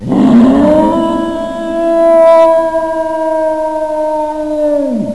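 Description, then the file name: Wolf howl: a single long, steady, rich note held for about five seconds, then dropping sharply at the very end. "Wolfaris"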